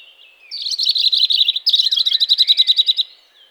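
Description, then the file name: European robin song: a fast, bright, high chattering trill of repeated notes lasting about two and a half seconds, with a brief pause midway. "Erithacus rubecula"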